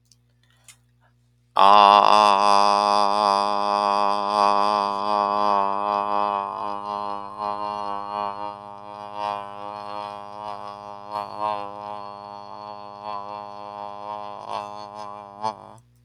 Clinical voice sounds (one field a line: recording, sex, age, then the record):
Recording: vowel held as long as possible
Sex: male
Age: 50 to 59 years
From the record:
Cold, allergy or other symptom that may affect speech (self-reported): no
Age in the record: 57 years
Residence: Oklahoma, United States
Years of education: 16